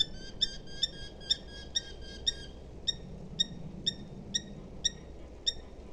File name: Eurasian hobby